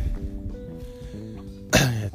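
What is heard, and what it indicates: An adult man coughs once, abruptly, in the middle of speaking. He has asthma that has come back and is out of breath from climbing stairs.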